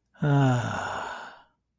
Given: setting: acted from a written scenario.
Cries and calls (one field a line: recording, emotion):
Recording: vocal sound without words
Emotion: serenity